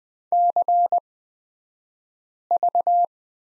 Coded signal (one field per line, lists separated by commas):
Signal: Morse code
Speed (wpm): 20 wpm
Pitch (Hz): 700 Hz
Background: none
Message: CV